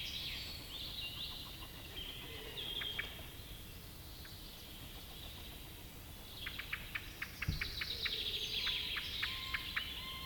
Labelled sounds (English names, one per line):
Common Blackbird call